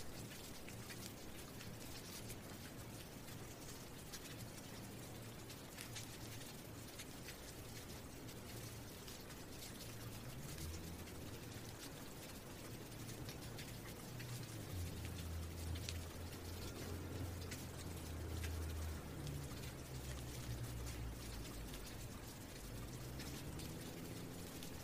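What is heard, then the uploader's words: Steady, dense rain hisses with scattered drops and crackles, over a low droning rumble that swells and wavers around the middle. Rain Sounds: A Short Retreat into Nature's Calming Shower.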